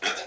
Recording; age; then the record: pig call; piglet (1 to 25 days)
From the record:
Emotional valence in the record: negative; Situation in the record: missed nursing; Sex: male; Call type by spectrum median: low-frequency call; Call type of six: low-frequency modulated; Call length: 0.27 s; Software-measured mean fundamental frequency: 117 Hz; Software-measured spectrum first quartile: 1253 Hz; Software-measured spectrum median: 2374 Hz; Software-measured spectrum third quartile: 3815 Hz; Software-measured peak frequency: 3307 Hz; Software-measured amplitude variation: 125 dB a second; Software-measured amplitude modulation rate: 16.7 a second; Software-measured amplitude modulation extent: 7.5 dB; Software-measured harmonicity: -1.5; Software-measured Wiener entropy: -1.14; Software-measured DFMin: 611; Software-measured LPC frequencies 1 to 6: 663, 1478, 2467, 3355, 4688, 5514 Hz